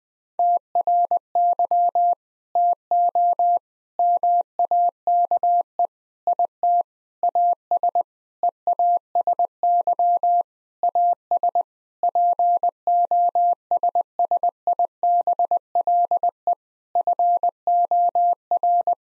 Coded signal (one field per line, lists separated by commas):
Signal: Morse code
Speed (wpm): 20 wpm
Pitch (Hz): 700 Hz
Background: none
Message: TRY TO MAKE IT AS EASY AS POSSIBLE FOR